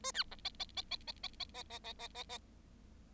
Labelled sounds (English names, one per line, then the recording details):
Bengalese Finch song
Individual Bird7